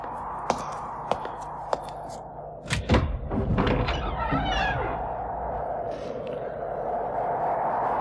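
Three sharp, evenly spaced knocks on a wooden door give way to a heavy wooden thunk as the door is flung wide open, its hinges groaning in a drawn-out creak before a steady low hiss settles in.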